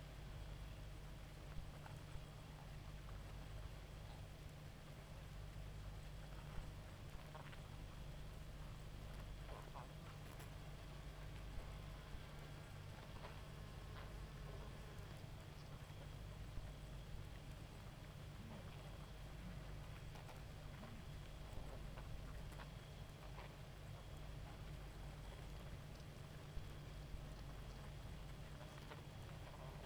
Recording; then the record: honeybee colony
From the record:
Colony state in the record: active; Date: 28 July 2017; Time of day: 1:54